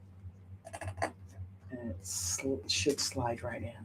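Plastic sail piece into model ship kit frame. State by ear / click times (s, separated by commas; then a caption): not seated / none. A plastic sail piece from a model ship kit is slid through a slot opened in the kit's frame, with light plastic rubbing and scraping. Two small taps come near 0.7 and 0.8 seconds while someone talks. Nothing has seated or clicked yet.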